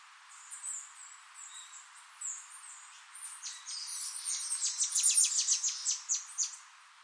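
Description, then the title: Bird song, soft high chirps building into a loud, rapid trill of repeated sharp notes that swells and then fades near the end. "LuckyPassaro Completos2Sama"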